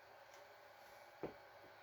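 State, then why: Seated. A metal 3D printer gantry frame on an Anycubic Vyper, raised and positioned on the correct side of the bolts, is pushed down into its base. A single sharp snap at 1.2 s marks it locking into the base, and the gantry is seated.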